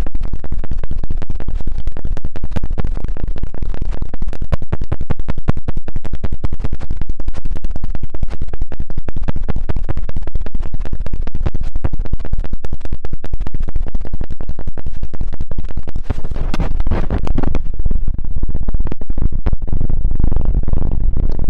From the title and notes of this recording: High-frequency trigger sound, strong numbing and stress-relieving ear cleaning massage.